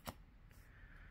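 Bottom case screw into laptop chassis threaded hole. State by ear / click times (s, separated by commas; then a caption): not seated / none. A bottom case screw is handled at a threaded hole in the chassis of an A2337 Late 2020 13-inch M1 MacBook Air, about to be twisted backwards until its thread drops in, before tightening. A short sharp handling tap sounds near 0.1 s, followed by faint rustling over a low hum and a thin steady tone. The screw's thread has not clicked into place yet.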